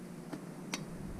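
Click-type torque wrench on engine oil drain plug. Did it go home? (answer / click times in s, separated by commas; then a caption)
yes / 0.7 s. A click-type torque wrench is tightened on a fastener, probably the engine oil drain plug, during an oil change on a 2009–2017 BMW X3 (F25). Over a steady low background hiss, a faint tick comes at 0.3 s, then a sharp, bright click at 0.7 s as the wrench reaches its preset torque, confirming the fastener is torqued.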